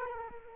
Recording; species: mosquito wingbeat signal from an infrared sensor; Culex quinquefasciatus